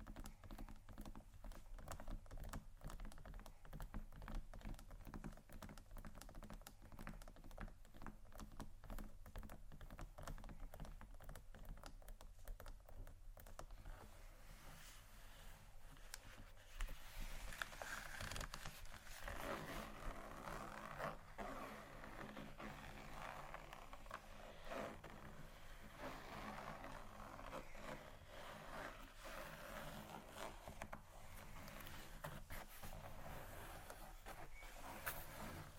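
Fingers tap and scratch across a leather bag in a steady stream of small, dry clicks and rasps. The first half is mostly quick, dense tapping; after about fifteen seconds the sounds turn brighter and more scratchy, with a low steady hum underneath throughout.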